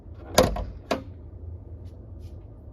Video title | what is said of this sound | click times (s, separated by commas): GMC hood latch & cable in | listen for the click | 0.4 s